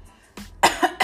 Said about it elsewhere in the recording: I'm even coughing on this podcast right now. I've been sick as fuck, you guys, for almost a month. My voice is raspy.